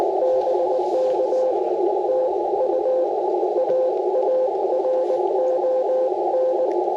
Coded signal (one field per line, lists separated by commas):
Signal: Morse code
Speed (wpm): 19 wpm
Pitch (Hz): 520 Hz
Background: radio noise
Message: BK TU AARON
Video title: Band Hopping w/ Elecraft T1 & PackTenna 9:1 - CW POTA Activation - 10/9/23 @ K-4451